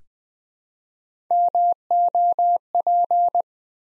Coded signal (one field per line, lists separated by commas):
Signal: Morse code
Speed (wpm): 20 wpm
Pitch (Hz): 700 Hz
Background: none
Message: MOP